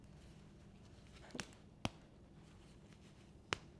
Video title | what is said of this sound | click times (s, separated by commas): How to Dress Petite: Look Taller Instantly! Petite Styling Hacks LIVE | Do you guys hear three snaps? I did. | 1.4 s, 1.8 s, 3.5 s